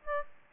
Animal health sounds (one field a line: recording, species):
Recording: mosquito wingbeat signal from an infrared sensor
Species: Aedes aegypti